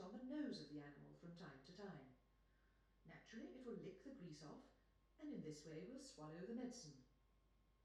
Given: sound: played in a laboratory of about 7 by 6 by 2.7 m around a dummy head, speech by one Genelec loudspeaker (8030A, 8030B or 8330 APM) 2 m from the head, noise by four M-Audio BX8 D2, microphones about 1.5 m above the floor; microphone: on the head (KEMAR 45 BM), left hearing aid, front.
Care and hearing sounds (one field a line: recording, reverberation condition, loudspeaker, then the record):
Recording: female speech in English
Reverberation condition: medium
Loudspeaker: 120 degrees to the right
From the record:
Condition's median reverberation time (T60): about 510 ms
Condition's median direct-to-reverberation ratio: about -0.5 dB